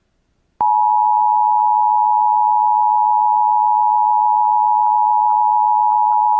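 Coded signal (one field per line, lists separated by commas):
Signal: Emergency Alert System (SAME) tones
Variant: 853 and 960 Hz attention tone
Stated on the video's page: Valid EAS tones in a fictional Kaiju Required Monthly Test mock, recreated with a weather radio station ID and a Midland WR400 advisory tone.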